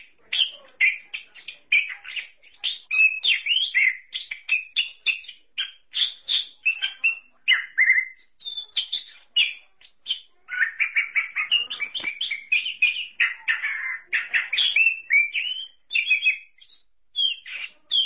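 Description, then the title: Thrush song of rapid, varied warbled phrases and chirps, delivered in quick bursts with short gaps throughout. "burung anis"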